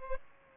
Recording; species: mosquito wingbeat signal from an infrared sensor; Aedes aegypti